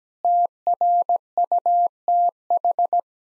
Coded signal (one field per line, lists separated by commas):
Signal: Morse code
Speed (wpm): 17 wpm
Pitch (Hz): 700 Hz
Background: none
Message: TRUTH